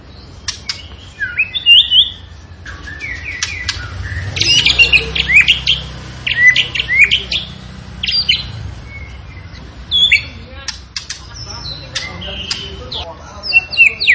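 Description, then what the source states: Tembakan bird song, a busy run of high whistled notes, quick slurred chirps and sharp clicks, loud bursts separated by short pauses. Masteran training recording for cage birds, featuring a gacor (vigorously, constantly singing) Tembakan bird.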